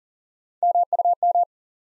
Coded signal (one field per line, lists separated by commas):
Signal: Morse code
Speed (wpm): 41 wpm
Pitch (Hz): 700 Hz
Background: none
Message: MUM